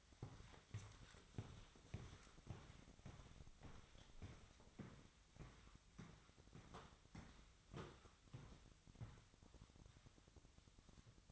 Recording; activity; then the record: daily activity, microphone in the room; walk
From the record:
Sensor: 3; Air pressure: 1001.6 hPa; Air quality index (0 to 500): 226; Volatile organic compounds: 32 ppm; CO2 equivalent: 3010 ppm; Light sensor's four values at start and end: 13/38/16/14 and 13/38/16/14